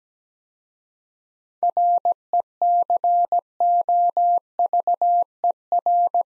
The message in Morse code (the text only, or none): RECOVER